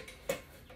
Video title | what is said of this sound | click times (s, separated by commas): Total Gym Xls-The perfect compact inexpensive workout solution? 6 minute workout demonstration | this locks in place | 0.3 s